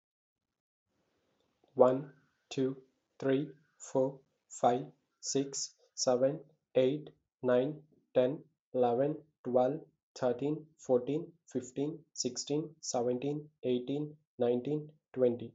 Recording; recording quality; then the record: counting at a normal pace; excellent, no background noise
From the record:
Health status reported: healthy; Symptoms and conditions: none ticked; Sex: male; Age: 23 years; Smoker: not ticked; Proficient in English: yes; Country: India